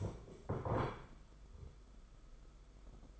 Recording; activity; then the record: daily activity, microphone in the room; stand up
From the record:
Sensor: 5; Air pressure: 991.8 hPa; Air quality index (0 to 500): 140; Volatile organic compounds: 118 ppm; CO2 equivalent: 3863 ppm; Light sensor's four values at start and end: 32/108/40/43 and 32/107/40/42